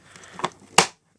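A 1993 Hoover Turbopower 1000 U2814 upright vacuum has its upholstery tool with a pet-hair strip pushed into the plastic storage clip on its body. Softer rubbing and tapping come first, around 0.2 to 0.5 s. A sharp, loud click follows at 0.8 s as the tool snaps into place and seats in the holder.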